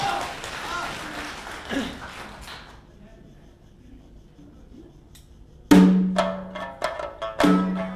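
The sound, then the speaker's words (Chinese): An audience at a Beijing holiday performance of Chinese opera and folk singing applauds to encourage a singer, in a dense, crackling wash that gradually thins and dies away, leaving a quiet pause before sharp percussive strikes and a low sustained tone break in. “唱得不好唱得好不好您呢都多给点掌声给予鼓励好不好，谢谢。”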